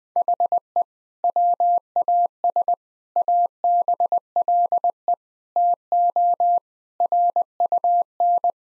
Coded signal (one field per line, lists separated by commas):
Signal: Morse code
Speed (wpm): 20 wpm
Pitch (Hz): 700 Hz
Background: none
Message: HE WAS ABLE TO RUN